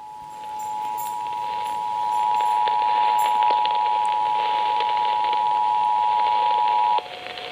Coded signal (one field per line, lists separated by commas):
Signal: Emergency Alert System (SAME) tones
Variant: 853 and 960 Hz attention tone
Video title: Flash Flood Warning on WBAP (EAS Alert #570)